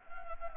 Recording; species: mosquito wingbeat signal from an infrared sensor; Anopheles gambiae